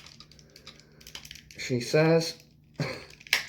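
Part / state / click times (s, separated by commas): plastic armor piece onto action figure clips / seated / 3.3 s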